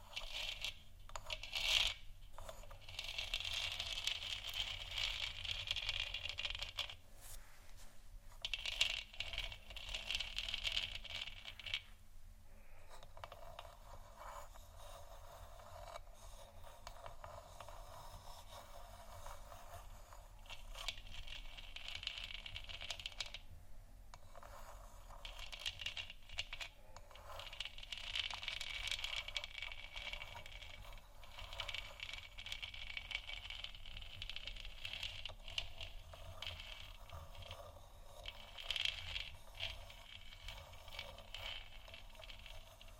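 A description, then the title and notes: Scratching comes in rough, hissy bursts, around 3–11 seconds, 20–31 seconds and again near 38 seconds, with quieter stretches between. Sharp taps and clicks land every so often. A low, steady hum runs underneath throughout. ASMR Moon Scratching & Tapping For Sleep（No Talking）.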